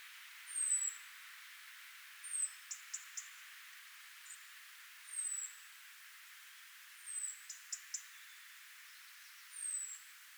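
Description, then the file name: European robin: sharp, high, falling whistles alternating with clusters of three rapid clicking ticks, repeated throughout. "Erithacus rubecula"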